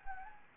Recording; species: mosquito wingbeat signal from an infrared sensor; Anopheles arabiensis